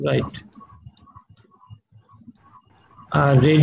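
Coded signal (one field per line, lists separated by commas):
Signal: none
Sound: clicking sounds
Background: speech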